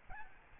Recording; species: mosquito wingbeat signal from an infrared sensor; Aedes albopictus